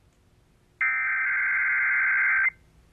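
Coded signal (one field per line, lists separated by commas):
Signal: Emergency Alert System (SAME) tones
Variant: header bursts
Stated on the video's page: Required weekly test SAME tones from an FM station, captured with an iPhone recording the speaker of a Sangean HDR-15 radio.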